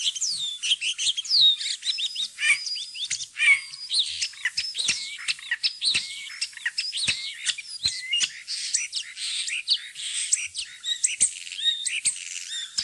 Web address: fuglelyder-1 staer